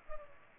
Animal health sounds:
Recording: mosquito wingbeat signal from an infrared sensor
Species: Culex pipiens

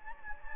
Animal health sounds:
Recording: mosquito wingbeat signal from an infrared sensor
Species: Anopheles gambiae

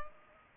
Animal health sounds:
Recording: mosquito wingbeat signal from an infrared sensor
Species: Culex pipiens

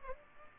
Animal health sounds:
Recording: mosquito wingbeat signal from an infrared sensor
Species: Culex pipiens

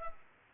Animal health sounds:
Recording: mosquito wingbeat signal from an infrared sensor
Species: Culex pipiens

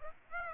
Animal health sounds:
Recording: mosquito wingbeat signal from an infrared sensor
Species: Aedes aegypti

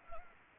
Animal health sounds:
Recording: mosquito wingbeat signal from an infrared sensor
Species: Anopheles gambiae

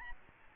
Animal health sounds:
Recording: mosquito wingbeat signal from an infrared sensor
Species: Aedes albopictus

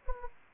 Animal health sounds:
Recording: mosquito wingbeat signal from an infrared sensor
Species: Anopheles gambiae

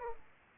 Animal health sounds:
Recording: mosquito wingbeat signal from an infrared sensor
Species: Aedes aegypti

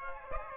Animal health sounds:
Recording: mosquito wingbeat signal from an infrared sensor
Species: Aedes aegypti

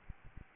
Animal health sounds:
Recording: mosquito wingbeat signal from an infrared sensor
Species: Aedes albopictus

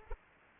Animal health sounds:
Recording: mosquito wingbeat signal from an infrared sensor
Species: Anopheles arabiensis

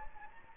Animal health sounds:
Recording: mosquito wingbeat signal from an infrared sensor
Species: Anopheles gambiae

